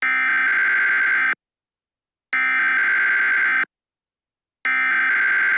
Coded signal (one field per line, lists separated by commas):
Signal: Emergency Alert System (SAME) tones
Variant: header bursts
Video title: Abnormal EAS Activation 8/24/2012